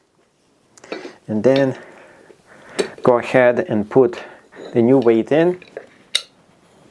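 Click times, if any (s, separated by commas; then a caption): 6.1 s. A new metal weight plate is put into a landmine-style 2-in-1 adjustable kettlebell and dumbbell while someone talks, with a few light metallic clinks early on. The plate snaps into its locked position with a sharp, loud click at 6.2 s, and is seated.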